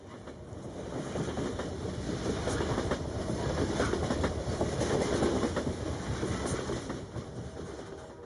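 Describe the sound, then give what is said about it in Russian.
A passenger train hauled by a steam locomotive, travelling from Moscow to Petrograd, rolls steadily along the rails with a continuous low rumble and faint rhythmic clickety-clack, holding an even loudness throughout, with no voices. “Поезд, на котором Ирина с Ракеловым ехали из Москвы в Петроград”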